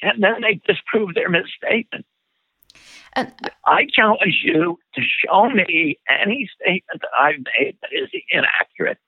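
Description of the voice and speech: An adult man speaks in short, forceful phrases with a strained, rough, creaky voice that breaks and wavers on vowels, with a longer pause between phrases. The effortful, shaky quality fits spasmodic dysphonia, a condition of the muscles in the throat that leads to a shaking voice.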